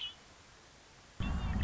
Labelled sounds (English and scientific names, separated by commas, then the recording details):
Red-winged Blackbird (Agelaius phoeniceus)
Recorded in Sonoma County, California